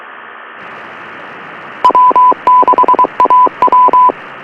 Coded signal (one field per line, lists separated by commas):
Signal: Morse code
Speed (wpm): 23 wpm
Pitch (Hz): 1000 Hz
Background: radio noise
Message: W6AW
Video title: Listening to the RADIO-MAN!!